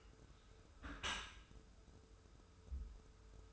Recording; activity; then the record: daily activity, microphone in the room; close dishwasher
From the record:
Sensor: 2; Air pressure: 1014.9 hPa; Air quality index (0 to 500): 26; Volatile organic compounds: 1 ppm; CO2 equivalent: 510 ppm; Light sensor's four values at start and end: 10/23/10/10 and 10/23/10/10